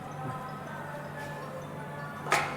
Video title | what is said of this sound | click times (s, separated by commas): ഇനി water level ചെയ്യാൻ pipe വേണ്ട ലേസർ ലൈറ്റ് മതി | കണ്ടോ ഈ സാധനം ഇതിൽ ലോക്കാ | 2.3 s